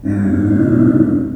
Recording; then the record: squeal of a Yucatan mini pig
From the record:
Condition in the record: after surgery on the right vocal fold (resection and tissue-engineered implant); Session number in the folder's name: 4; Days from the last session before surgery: 26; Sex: female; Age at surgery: 19 weeks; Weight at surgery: 25 kg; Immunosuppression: prednisolone